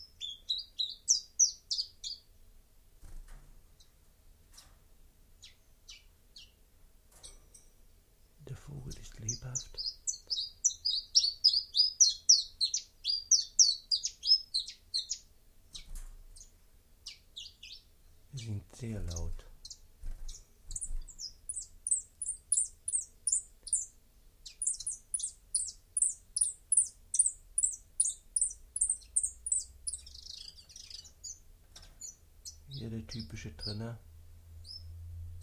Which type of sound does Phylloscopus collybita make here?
song